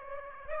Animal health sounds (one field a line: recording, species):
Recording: mosquito wingbeat signal from an infrared sensor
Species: Aedes aegypti